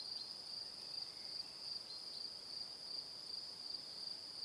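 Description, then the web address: High, even cricket chirping, rapid pulses repeating steadily throughout with faint background noise. "calm calmplus sounds Calm - Evening Crickets"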